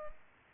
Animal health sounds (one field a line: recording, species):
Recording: mosquito wingbeat signal from an infrared sensor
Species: Culex pipiens